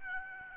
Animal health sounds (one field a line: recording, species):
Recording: mosquito wingbeat signal from an infrared sensor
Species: Aedes albopictus